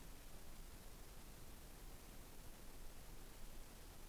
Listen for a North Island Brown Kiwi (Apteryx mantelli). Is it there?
no